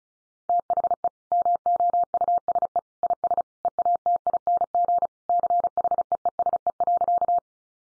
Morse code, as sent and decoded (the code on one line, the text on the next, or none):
- .... . / -- --- ..- ... . / .. ... / . .- - .. -. --. / -.-. .... . . ... . .-.-.-
THE MOUSE IS EATING CHEESE.